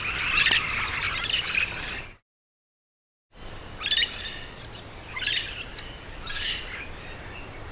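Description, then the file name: Yellow-shouldered parrot calls: a long rough squawking burst, a sudden silent break, then a few separate harsh squawks. "yellow shouldered parrot"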